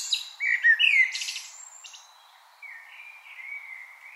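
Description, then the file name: Common blackbird giving a short, sweet whistled phrase with a high squeaky tail, followed by faint, quieter warbling. "Turdus merula"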